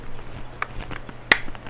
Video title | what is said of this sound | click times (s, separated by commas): TOOL TIME ! DOG GROOMING EQUPTMENT ~What to Get & How to Care For Them | just heard it snap | 1.3 s